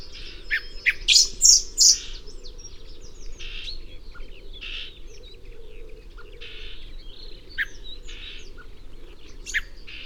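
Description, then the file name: Common blackbird opens with three sharp, high call notes in quick succession, followed by scattered fainter chirps and a steady low hum. "Turdus merula"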